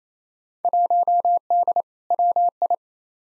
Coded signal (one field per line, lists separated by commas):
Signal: Morse code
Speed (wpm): 27 wpm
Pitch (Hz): 700 Hz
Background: none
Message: 1D WI